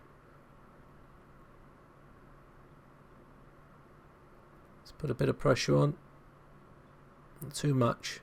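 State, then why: Not seated. A toothed display flex cable connector is lined up over its logic board socket in a 4th-generation iPod Touch before any pressure is applied. Faint steady background hiss runs throughout, and someone talks briefly around 5–6 s and again near 7.5–8 s. Nothing has seated or clicked yet.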